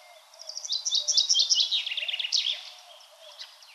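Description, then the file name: Common chaffinch song: a rattling series of high notes that drops in pitch across about two seconds and ends in an emphatic flourish, against light background hiss. "Fringilla coelebs"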